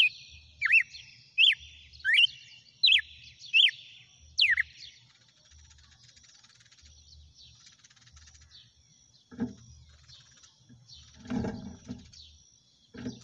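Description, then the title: Red-cowled cardinal song: clear whistled notes sliding sharply downward, repeated about every 0.7 seconds, then stopping; later, a few knocks and bumps. Female; title asks whether it is singing and "batendo fogo". "Canto Galo Campina Fêmea. GALO DE CAMPINA CANTANDO e BATENDO FOGO?"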